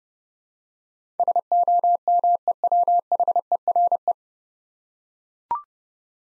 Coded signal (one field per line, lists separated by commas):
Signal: Morse code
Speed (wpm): 30 wpm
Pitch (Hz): 700 Hz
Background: none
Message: SOMEWHERE